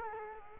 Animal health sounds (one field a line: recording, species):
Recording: mosquito wingbeat signal from an infrared sensor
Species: Culex quinquefasciatus